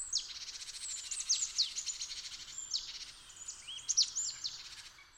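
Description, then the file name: Marsh tit calls: a dense run of high, thin chirps and buzzy notes tumbling together over a steady background hiss. "Poecile palustris"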